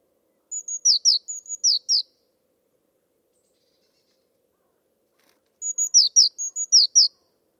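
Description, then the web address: Bird calling twice with high, thin phrases of whistles and slurred downward chirps, and a long quiet pause in between. Bird-only recording from a 2025 bird dataset. "File origin Bird Only"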